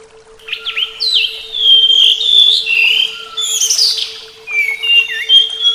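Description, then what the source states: Flycatcher song of chirps leading into long wavering whistles and a high twittering burst, followed by softer whistled notes, over a continuous faint hum. Flycatcher (sikatan) song presented as a terapi (therapy) recording.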